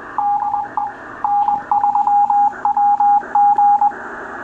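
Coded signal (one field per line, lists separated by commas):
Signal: Morse code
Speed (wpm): 20 wpm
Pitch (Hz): 820 Hz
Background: none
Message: DE N3WG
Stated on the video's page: CW sent and received in HamLog on Android through a Pigtail interface connected to a K3 transceiver.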